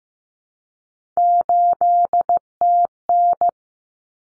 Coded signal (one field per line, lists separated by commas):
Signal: Morse code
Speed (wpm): 15 wpm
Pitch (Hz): 700 Hz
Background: none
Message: 8TN